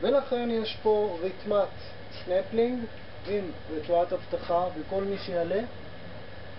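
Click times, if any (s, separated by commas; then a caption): none. A safety hook on the strap of a rappelling harness with a safety strap is handled while the harness is fitted for a rider on a horse, to keep the rider from falling because the horse sways and there are no fences. Someone talks throughout over a steady low background hum. The hook has not yet clicked or seated into place by the end of the clip.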